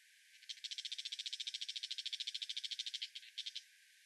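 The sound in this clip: Brown shrike giving a harsh, rapid chattering rattle of evenly pulsed notes lasting about three seconds, with a brief stutter near the end.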